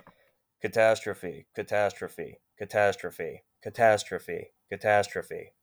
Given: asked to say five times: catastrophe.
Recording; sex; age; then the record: repeated word; male; 30 to 39 years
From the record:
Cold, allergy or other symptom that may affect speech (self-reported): no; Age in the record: 30 years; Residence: Ohio, United States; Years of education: 17